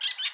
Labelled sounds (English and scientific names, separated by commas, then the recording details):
Brown-throated Parakeet (Eupsittula pertinax) contact call
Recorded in Curacao
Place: just S of Landhuis Groot St. Joris
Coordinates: 12.116, -68.830